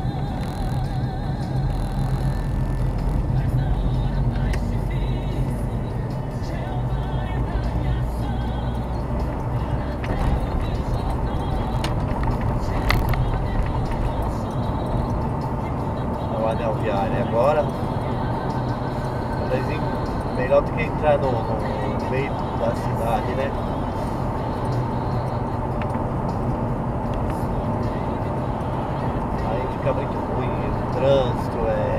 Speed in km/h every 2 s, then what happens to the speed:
40, 45, 51, 56, 61, 64, 68, 70, 73, 75, 76, 77, 74, 78, 80, 81.
0-32 speeds up to 81.